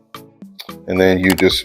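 A person handles the neck piece of an LG G4 TV stand, leaning it forward and setting it onto the stand base while someone talks, ready to push it forward so it snaps into place. Short handling knocks come through under the speech. Nothing has seated or clicked yet.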